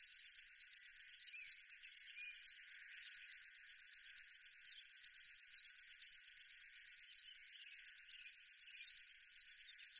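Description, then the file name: River warbler song, an unbroken run of high, evenly spaced buzzy pulses, with faint soft notes in the background. "Schlagschwirl - Locustella fluviatilis"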